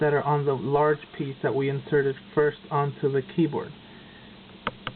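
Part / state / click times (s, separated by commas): laptop keycap wire hooks into the keyboard retainer clip / seated / 4.7 s, 4.9 s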